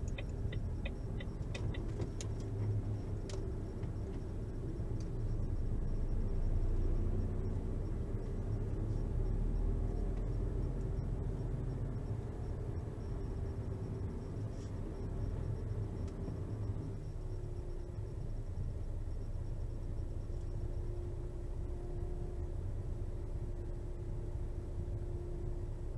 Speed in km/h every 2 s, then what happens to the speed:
11, 10, 9, 10, 11, 13, 11, 8, 6, 7, 7, 6, 5.
0-10 steady at about 10. 10-16 slows to 6. 16-26 steady at about 6.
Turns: none.